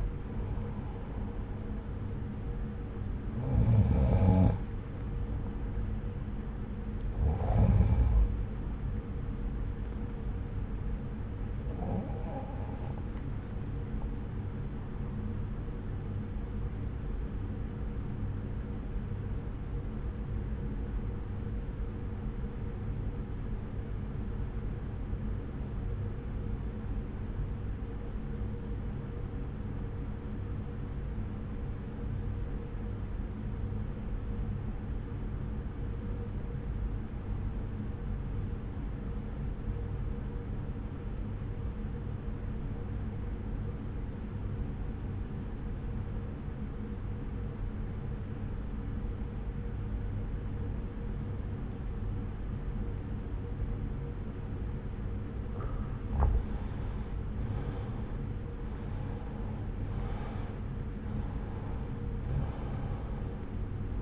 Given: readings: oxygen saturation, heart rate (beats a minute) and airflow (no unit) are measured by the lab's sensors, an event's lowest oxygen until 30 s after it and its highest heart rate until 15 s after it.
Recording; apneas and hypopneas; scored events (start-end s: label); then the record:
breathing in sleep by a smartphone at the bedside; 1
18.00-56.70 s: obstructive apnea (REM, oxygen 97% highest, then 81% lowest)
From the record:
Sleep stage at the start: REM sleep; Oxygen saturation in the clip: 77 to 97%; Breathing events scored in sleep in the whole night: 303 in 8.1 hours asleep